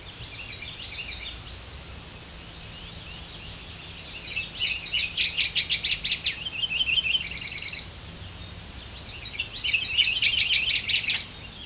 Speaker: Fortunately, a couple days earlier, I recorded a singing male northern water thrush